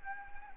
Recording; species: mosquito wingbeat signal from an infrared sensor; Anopheles gambiae